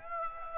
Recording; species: mosquito wingbeat signal from an infrared sensor; Aedes aegypti